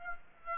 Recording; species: mosquito wingbeat signal from an infrared sensor; Aedes aegypti